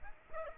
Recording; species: mosquito wingbeat signal from an infrared sensor; Aedes aegypti